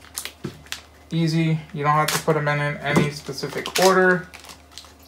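A photo black (PB) ink cartridge is set into the back of its slot in the carriage of an Epson XP-6000 printer, then the front is pushed down. Sharp clicks sound at 0.2 s and 0.7 s as it snaps home, followed by someone talking. The cartridge is seated.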